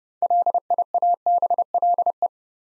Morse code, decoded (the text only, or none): LIABLE